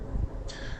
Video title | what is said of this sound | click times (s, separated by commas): Damascus Butterfly Knife with Titanium handles. | and locks back again a little magnetic link there | 0.5 s